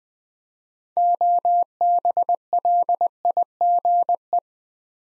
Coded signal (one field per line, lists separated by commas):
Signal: Morse code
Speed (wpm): 20 wpm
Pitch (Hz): 700 Hz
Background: none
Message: OBLIGE